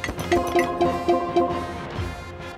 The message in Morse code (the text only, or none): none